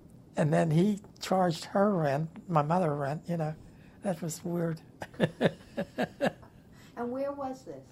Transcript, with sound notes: And then he charged her rent - my mother rent, you know, that was (laughs)
And where was this?